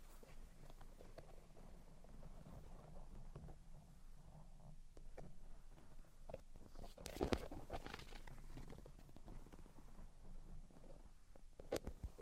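Tapping, scratching and tracing sounds continue across the clip, a low rustling bed with frequent short sharp taps scattered throughout. A denser cluster of crisp knocks lands around seven seconds, and a few bright clicks stand out near the end.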